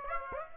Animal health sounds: mosquito wingbeat signal from an infrared sensor; Aedes aegypti

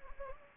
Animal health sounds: mosquito wingbeat signal from an infrared sensor; Anopheles gambiae

